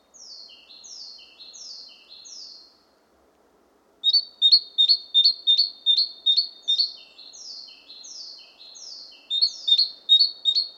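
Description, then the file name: Great tit calls: four falling slurred notes, a brief silence, then a long, lively run of ringing chinks interleaved with softer down-slurs. "Parus major"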